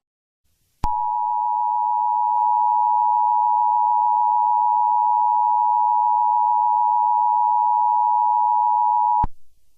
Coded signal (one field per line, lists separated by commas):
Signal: Emergency Alert System (SAME) tones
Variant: 853 and 960 Hz attention tone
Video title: EAS Scenario Story #3: PAW Patrol: Zuma's Fear Part 2